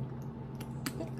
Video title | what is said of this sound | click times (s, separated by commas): ang mga nabili sa trip namin 😍🚢✈️❤️ | aan naka-lock na siya ' ba tapos | 0.9 s